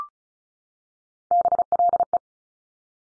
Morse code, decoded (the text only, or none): BLE